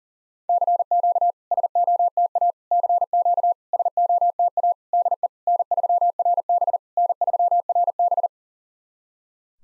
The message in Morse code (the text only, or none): CQ SOTA CQ SOTA DE N3RB N3RB